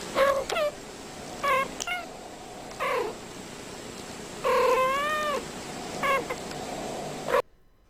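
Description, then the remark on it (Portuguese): A cat meows again and again in a string of short, high calls, with one longer, drawn-out wavering meow in the middle, all over a steady low hiss. “Interesante esas declaracións do adestrador dos Whiskas Conserveiras Miau.”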